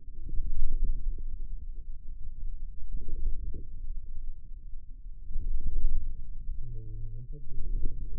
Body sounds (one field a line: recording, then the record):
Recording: forearm muscle sounds (acoustic myography)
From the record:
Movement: wrist flexion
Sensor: system 2, bracelet of six BSWA MPA416 microphones around the upper forearm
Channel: 6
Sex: male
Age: 22 years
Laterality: right